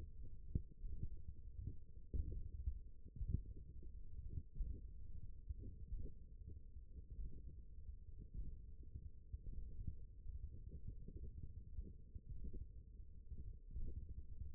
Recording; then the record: forearm muscle sounds (acoustic myography)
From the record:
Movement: finger pinch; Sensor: system 1, eight BSWA MPA416 microphones around the upper forearm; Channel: 7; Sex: female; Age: 20 years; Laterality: right